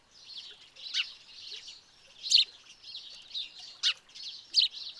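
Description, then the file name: House sparrow chirping: a steady stream of high chirps, with a few louder sharp notes standing out at irregular intervals. "Passer domesticus"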